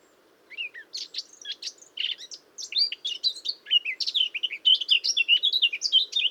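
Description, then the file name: Eurasian blackcap singing a rapid chattering warble, notes jumbled and varied, growing louder and denser toward the end. "Sylvia atricapilla"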